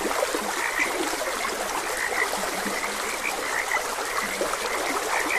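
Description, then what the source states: Frogs call with scattered short croaks, a few standing out more clearly, over continuous rushing and trickling water. Frogs croaking beside a gentle stream.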